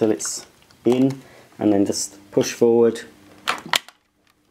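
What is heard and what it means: A plastic clean water tank is pushed forward into the body of a Vax Rapide Ultra 2 W90-RU-P carpet washer. Someone talks, then a sharp click at 3.8 s shows the tank has latched into place.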